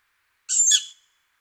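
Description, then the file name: Tawny owl producing one loud, breathy screech lasting about half a second, harsh and noisy, fading quickly into silence. "hulotte"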